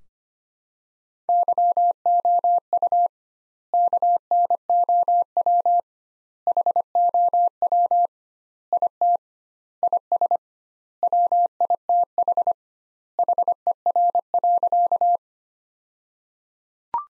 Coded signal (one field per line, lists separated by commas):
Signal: Morse code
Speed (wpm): 25 wpm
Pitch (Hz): 700 Hz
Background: none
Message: YOU KNOW HOW IT IS WITH HER.